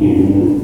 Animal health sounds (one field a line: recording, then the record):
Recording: squeal of a Yucatan mini pig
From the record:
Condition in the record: before surgery on the right vocal fold (resection and tissue-engineered implant)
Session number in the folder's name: 1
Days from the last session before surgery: -3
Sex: male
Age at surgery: 12 weeks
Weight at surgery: 13 kg